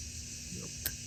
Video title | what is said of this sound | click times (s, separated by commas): Pen Chat #2: Montblanc 149; Desiderata Pen Co; Esterbrook Model J; Fifty4T; Pilot Custom Urushi, 823 | push it up a little bit more. Hear it snap. | 0.9 s